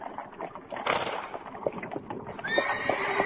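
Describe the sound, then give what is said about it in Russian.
Hooves clop in a steady, uneven patter as a large troop of riders with a chariot passes a village, while a horse lets out a high, wavering whinny toward the end, with more neighing mixed in over a noisy, rustling background. “Однажды мимо села скакал большой отряд, наездников суровых ряд, и в колеснице два посла.”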